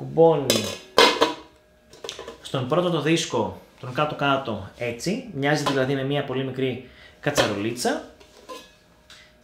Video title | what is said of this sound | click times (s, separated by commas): Ατμομάγειρας Tefal VC1451 (Steam Cooker) Unboxing | λοιπόν αντίστοιχα και αυτό εδώ κουμπώνει | 1.0 s